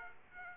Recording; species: mosquito wingbeat signal from an infrared sensor; Aedes aegypti